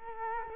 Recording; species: mosquito wingbeat signal from an infrared sensor; Culex quinquefasciatus